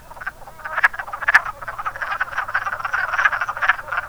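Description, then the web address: Wood frog calls: rapid, overlapping duck-like clucking croaks, about two per second, building slightly louder toward the end. "zoology woodfrog"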